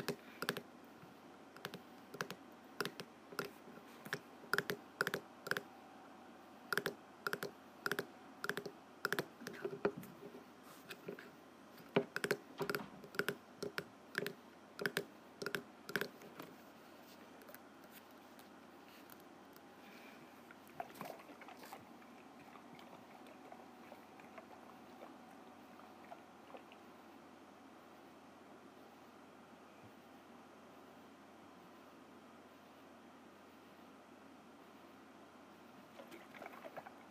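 A snow globe is shaken in quick bursts, sharp rattling clicks packed densely through the first sixteen seconds, then easing off. After that a quiet hum remains with a faint steady tone, a few soft taps, and a brief rustle near the end.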